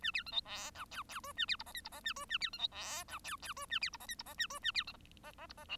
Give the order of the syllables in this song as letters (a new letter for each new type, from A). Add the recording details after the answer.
A B C D E F G G H A B I J K I J A H A B C D E F G G H A B I J K I J A H A B C J J I J L. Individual Bird1